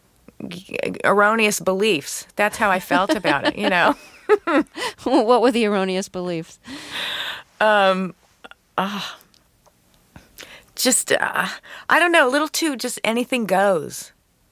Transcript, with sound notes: erroneous beliefs. That's how I felt about it, you know?
(LAUGHTER)
What were the erroneous beliefs?
Just - I don't know - a little too just anything goes